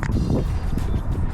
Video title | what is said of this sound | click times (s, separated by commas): 🎅 🎄 SANTAS ON THE ROOF! | There we go, nice little click there, and tighten it right up. | 0.0 s